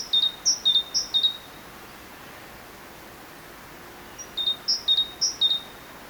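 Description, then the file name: Great tit song, two short series of ringing two-note whistles separated by a few seconds of quiet. "Parus major"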